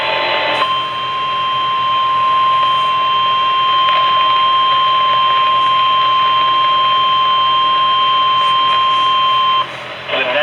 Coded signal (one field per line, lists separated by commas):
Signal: Emergency Alert System (SAME) tones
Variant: 1050 Hz attention tone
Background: speech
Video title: Severe Thunderstorm Warning on KLVI-AM 7/17/23 (EAS#412)